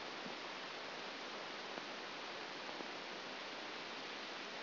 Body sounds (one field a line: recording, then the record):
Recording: brain microelectrode recording played as sound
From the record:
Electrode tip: outside the subthalamic nucleus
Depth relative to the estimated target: -8 mm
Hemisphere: left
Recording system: AlphaMap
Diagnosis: Parkinson's disease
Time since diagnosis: 9 years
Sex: male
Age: 68 years